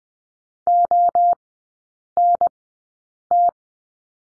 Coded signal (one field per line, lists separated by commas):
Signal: Morse code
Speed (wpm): 20 wpm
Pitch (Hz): 700 Hz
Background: none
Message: ONT